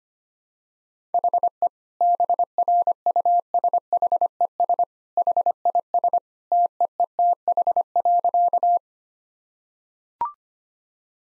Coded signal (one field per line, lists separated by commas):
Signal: Morse code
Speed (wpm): 25 wpm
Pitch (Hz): 700 Hz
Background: none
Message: HE BRUSHES HIS TEETH.